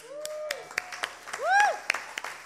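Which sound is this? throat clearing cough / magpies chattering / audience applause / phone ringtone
audience applause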